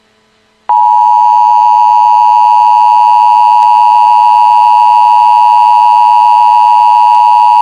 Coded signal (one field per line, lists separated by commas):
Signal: Emergency Alert System (SAME) tones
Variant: 853 and 960 Hz attention tone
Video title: EMERGENCY ALERT SYSTEM (To Prank) (All Is Fake)